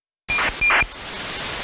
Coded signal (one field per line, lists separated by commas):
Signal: ACARS aircraft data